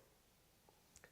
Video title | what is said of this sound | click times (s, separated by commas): Overdenture On implants vs Teeth on 4 dental implants | a little click and now the Denture actually stays in place | 1.0 s